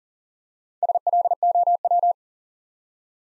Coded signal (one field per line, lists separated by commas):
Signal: Morse code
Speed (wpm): 40 wpm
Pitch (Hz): 700 Hz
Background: none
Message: SLOW